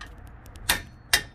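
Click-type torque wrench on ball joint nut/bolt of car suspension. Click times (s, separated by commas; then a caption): 0.7 s, 1.1 s. A click-type torque wrench set to 84 ft-lb tightens a ball joint fastener on a Hyundai Sonata's front suspension. Two sharp, bright metallic clicks ring out at 0.7 s and 1.1 s over faint background noise, with small ticks before them. The wrench clicks at its setting, confirming the fastener has reached 84 ft-lb.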